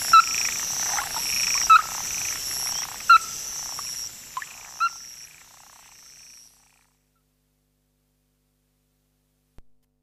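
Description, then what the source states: Ruddy-breasted Crake uttering several sharp knocking notes over a high buzzing background, before the sound cuts out into silence. Described as a bird of Hokkaido, Japan.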